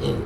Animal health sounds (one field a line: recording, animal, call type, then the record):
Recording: contact call of a hoofed animal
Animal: pig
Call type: closed-mouth grunt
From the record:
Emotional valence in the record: positive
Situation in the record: food and toys in familiar pen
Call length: 0.26 s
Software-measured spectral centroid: 1890 Hz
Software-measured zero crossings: 1120 a second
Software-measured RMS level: -24 dBFS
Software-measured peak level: -11 dBFS